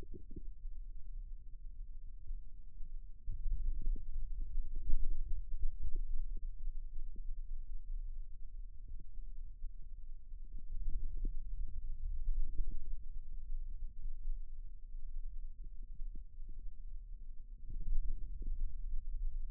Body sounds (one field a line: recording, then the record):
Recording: forearm muscle sounds (acoustic myography)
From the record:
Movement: radial deviation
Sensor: system 2, bracelet of six BSWA MPA416 microphones around the upper forearm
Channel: 4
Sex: male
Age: 22 years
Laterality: right